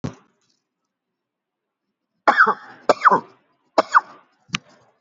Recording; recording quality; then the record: heavy voluntary cough; excellent, no background noise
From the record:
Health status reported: healthy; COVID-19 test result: negative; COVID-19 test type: RT-PCR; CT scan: not taken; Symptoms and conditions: cough, cold, fever, fatigue, loss of smell and taste, hypertension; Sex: male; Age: 42 years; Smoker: no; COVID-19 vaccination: one dose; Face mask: worn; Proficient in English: yes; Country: India